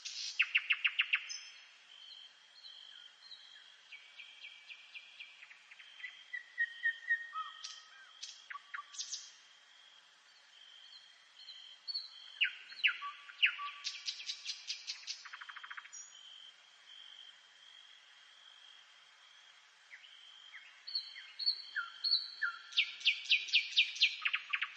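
A night forest is alive with high calls: clipped whistles, rapid pulsing trills and falling notes overlap in bursts, loudest near the start, around 13–15 seconds and again after 22 seconds. A thin, steady high tone hums underneath the whole time.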